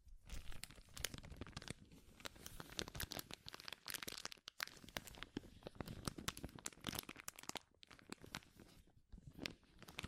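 Dense, powerful crinkling runs nonstop for ten seconds, sharp crackles and crunches piling up irregularly, with brief lulls near four and nine seconds.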